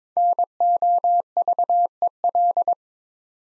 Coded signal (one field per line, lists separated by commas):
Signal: Morse code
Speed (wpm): 22 wpm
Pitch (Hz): 700 Hz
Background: none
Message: NOVEL